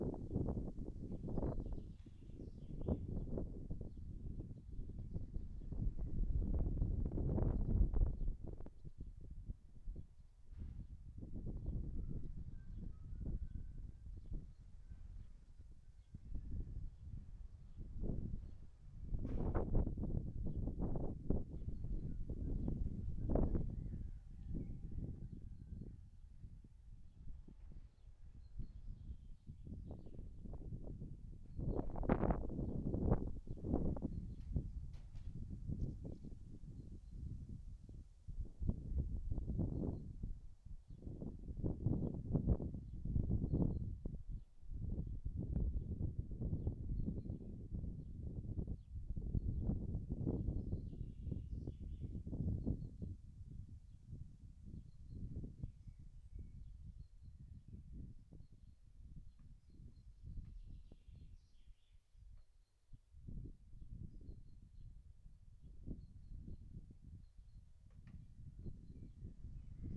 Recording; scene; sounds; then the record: everyday scene through a hearing-aid microphone; wind on the microphone; wind, other noises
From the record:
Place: in front of a rural house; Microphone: behind the ear, right, front